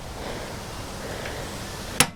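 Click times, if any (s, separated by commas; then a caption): 2.0 s. A folding component on a Lectric XP 3.0 e-bike frame is fitted into position over steady low background noise. A single sharp, loud snap at 2.0 s marks the part seating into place.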